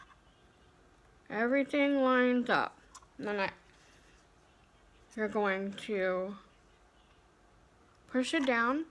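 A FreeStyle Libre 2 CGM glucose sensor applicator is held over its sensor pack and lined up with the pack's marks, just before being pushed down, while someone talks throughout. Nothing has seated or clicked yet in this stretch.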